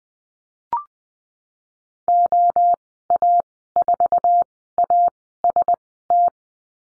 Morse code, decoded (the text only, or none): OA4AST